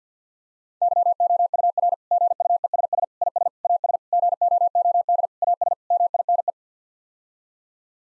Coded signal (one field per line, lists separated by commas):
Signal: Morse code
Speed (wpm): 50 wpm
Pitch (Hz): 700 Hz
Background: none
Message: YOUR GUESS IS AS GOOD AS MINE